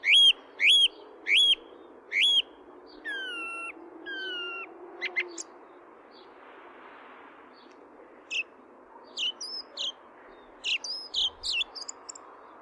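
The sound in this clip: Song thrush song, a loud whistled note repeated several times, then drawn-out falling whistles, a pause, and thinner varied phrases.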